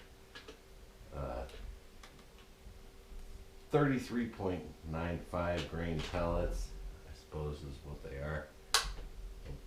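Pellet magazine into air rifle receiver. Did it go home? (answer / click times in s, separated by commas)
yes / 8.7 s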